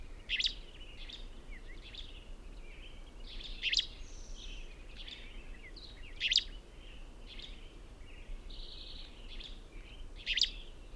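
Birds sing with loud sharp chip notes about every three seconds among softer trills and whistles, over a constant low rumble.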